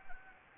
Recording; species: mosquito wingbeat signal from an infrared sensor; Anopheles gambiae